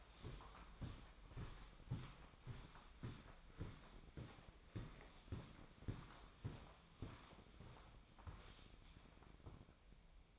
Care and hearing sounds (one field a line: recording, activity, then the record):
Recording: daily activity, microphone in the room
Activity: walk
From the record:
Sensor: 1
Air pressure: 1009.4 hPa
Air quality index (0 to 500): 188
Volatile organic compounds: 4 ppm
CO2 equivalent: 1585 ppm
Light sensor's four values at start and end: 51/136/56/68 and 51/137/56/68